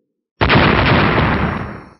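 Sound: loud explosion sound effect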